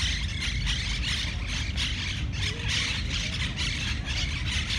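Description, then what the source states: Monk parakeets calling with harsh, rasping squawks in irregular bursts, over a continuous low rumble of traffic. Monk parakeets in Parc de la Ciutadella, Barcelona, on 20 September 2019.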